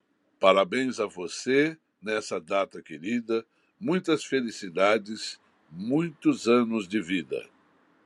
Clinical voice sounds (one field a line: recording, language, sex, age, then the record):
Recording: short text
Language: Brazilian Portuguese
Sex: male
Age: 60 to 69 years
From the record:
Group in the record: control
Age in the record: 65 years